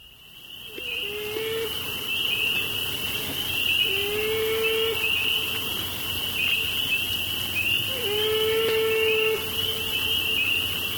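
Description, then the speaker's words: American beaver whining: three drawn-out, steady mid-pitched cries with faint overtones, spaced a few seconds apart, over a constant high insect drone. Male beaver in Minnesota swimming in circles searching for its mate and offspring after its dam was dynamited, killing the female and young; recorded as the land recovered. "And what he caught was the male beaver swimming in circles, looking for its mate and offspring. It's the saddest sound I've ever heard."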